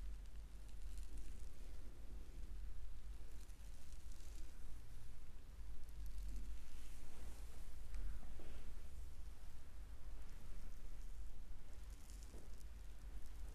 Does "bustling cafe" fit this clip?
no